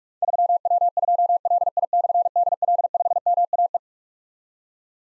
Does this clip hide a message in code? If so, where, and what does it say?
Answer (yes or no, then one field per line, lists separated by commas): yes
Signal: Morse code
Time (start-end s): 0.2-3.8 s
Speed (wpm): 44 wpm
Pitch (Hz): 700 Hz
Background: none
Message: 3W2LI/DL5MAE